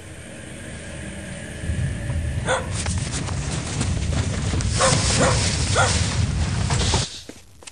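Several sharp dog barks in an irregular series ring out over a steady low rumble, which cuts off abruptly near the end.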